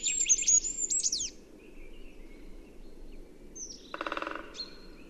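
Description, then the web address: Bird, a brief run of high squeaky notes at the start, then quiet background hiss and a harsh lower rasping burst with a thin whistle. "Bird Only"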